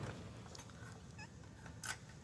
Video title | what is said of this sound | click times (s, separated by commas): how to open the hard drive for repair dell powerEdge 1850 Works for any computer | and um once you heal it and once you hear that click and it locks into place | 1.8 s